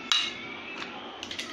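A plastic Duplo brick is pressed onto a toy helicopter model and snaps on with a sharp, bright click at 0.1 s. A few softer, quieter clicks follow around 1.2 to 1.4 s as the model is shaken to test the brick. The brick is seated and does not fall off.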